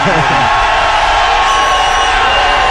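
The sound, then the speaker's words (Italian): A crowd in a city square gives a loud, sustained roar of cheering and applause, dense and continuous, with shouts and whoops rising out of the mass of voices throughout. “Che nessuno si vanti di aver ricevuto un applauso così fragoroso.”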